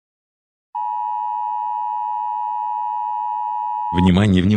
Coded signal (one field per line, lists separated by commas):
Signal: Emergency Alert System (SAME) tones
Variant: 853 and 960 Hz attention tone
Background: speech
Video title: EAS Scenario #38: Chernobyl Wolf Rampage.